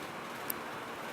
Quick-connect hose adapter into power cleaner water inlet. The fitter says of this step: that so it snaps in there so there's a threaded female adapter right here see